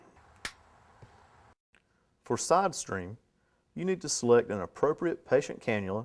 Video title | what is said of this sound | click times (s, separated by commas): Capnography revised | Then press the sensor and the airway adapter together until they click. | 0.5 s